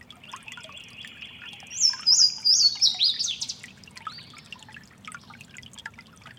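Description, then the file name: Louisiana waterthrush song with sharp clear whistles sliding downward into a twittering finish, a thin trill before it, over a running creek. Giant City Creek, March 29. "LAna Waterthrush Giant City Creek March 29 th"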